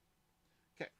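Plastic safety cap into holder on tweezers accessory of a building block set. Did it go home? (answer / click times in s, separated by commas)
yes / 0.8 s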